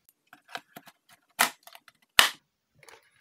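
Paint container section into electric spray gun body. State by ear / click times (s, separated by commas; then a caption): seated / 2.2 s. The plastic paint container and nozzle section of a TRUPER PIPI-33E electric paint spray gun is pressed onto the motor body so its lugs line up with the slots. Several light plastic clacks and a louder scrape near 1.4 s come before a sharp, loud click at 2.2 s. The container snaps into place and is seated.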